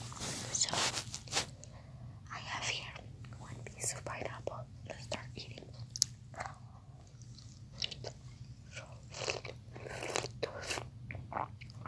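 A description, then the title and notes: Eating: crisp bites and crunchy chewing come in quick, irregular bursts through the whole twelve seconds, bright and sharp, with the heaviest crunches near the start. A steady low hum sits underneath. ASMR eating.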